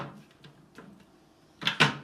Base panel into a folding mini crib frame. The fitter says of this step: Normally, there it is, normally clicks into place.